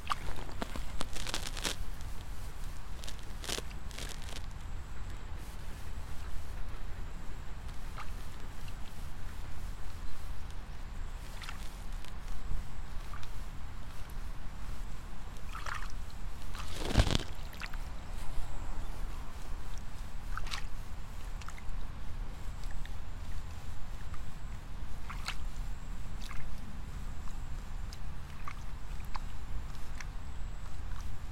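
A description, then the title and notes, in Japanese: Rice seedlings being pulled in the evening, with a steady low rumble underneath throughout. Short sharp snaps and rustles come every few seconds, with a louder burst near the middle, and a faint thin high whine holds in the background. イネ苗取り ブユのいない気持ち良い夕方。いよいよ今年の手植え田んぼも大詰め。夕方、イネの苗取り。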